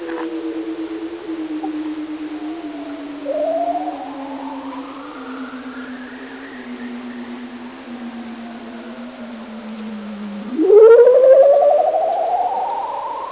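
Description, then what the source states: Bearded seal trill: a long warbling tone gliding slowly downward for about ten seconds, overlaid by fainter rising sweeps, ending with a sudden louder upward sweep. Recording used as an aliasing demonstration at a 2017 Cornell passive acoustic sensing workshop.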